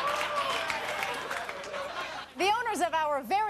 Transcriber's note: soundbite of laughter